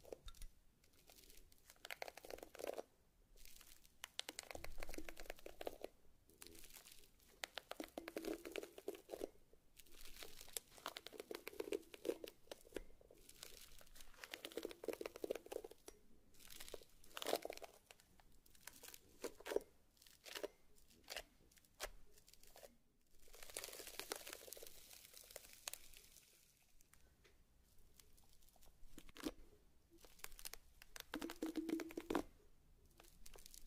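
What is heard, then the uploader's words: Slime being squished and worked, with wet crinkling and crackling textures that swell and fade in bursts every second or two. The sound stays busy and bright throughout, broken by brief quiet gaps, with a louder crackly stretch around the twenty-five second mark. Some various mixed sounds.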